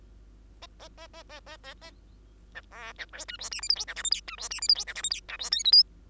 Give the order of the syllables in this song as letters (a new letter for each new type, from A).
A A A A A A A A B C B D E F G H I J K L M N E F G H I J K L M N E F O P Q